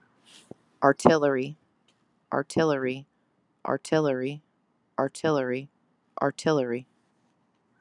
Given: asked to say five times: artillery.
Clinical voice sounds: repeated word; female; 30 to 39 years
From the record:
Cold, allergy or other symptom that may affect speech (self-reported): no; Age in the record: 39 years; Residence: Alabama, United States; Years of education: 12

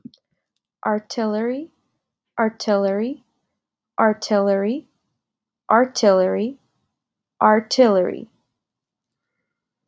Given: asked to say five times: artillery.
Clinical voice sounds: repeated word; female; 20 to 29 years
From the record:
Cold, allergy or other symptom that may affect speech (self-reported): no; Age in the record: 28 years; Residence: Washington, United States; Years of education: 18

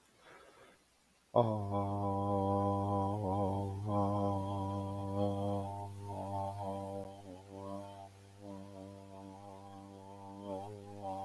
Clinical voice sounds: vowel held as long as possible; male; 30 to 39 years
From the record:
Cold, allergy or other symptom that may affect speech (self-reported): no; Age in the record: 34 years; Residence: California, United States

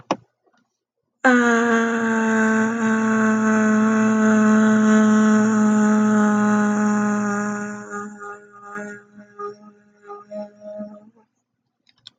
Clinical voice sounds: vowel held as long as possible; female; 20 to 29 years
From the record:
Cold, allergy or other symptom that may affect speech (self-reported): yes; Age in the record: 29 years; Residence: Colorado, United States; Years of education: 12

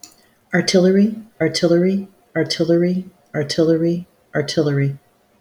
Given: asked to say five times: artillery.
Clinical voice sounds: repeated word; female; 50 to 59 years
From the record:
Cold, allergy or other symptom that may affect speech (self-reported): no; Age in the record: 51 years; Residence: Oklahoma, United States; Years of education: 15

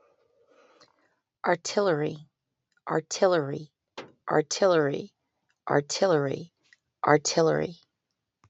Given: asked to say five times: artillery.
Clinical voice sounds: repeated word; female; 40 to 49 years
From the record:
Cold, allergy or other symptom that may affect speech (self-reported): no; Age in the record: 46 years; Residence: California, United States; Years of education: 14

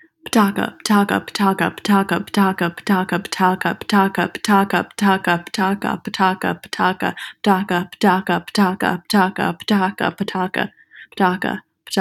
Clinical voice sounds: repeated syllables /pa ta ka/; female; 20 to 29 years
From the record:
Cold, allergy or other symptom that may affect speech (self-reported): no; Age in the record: 22 years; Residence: Texas, United States

